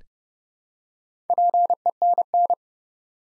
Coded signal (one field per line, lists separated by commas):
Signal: Morse code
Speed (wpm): 30 wpm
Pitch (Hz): 700 Hz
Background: none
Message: PENN